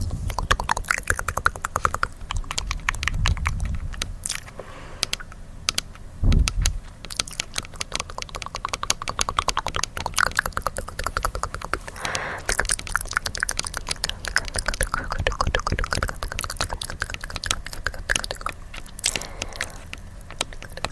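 Dense mouth sounds: rapid clicky tapping and tk-tk noises run almost without pause for the whole stretch, crisp and bright like fast typing. Soft breathy swells and low rubbing thumps from hand movements surface around 3–4, 6 and 12 seconds.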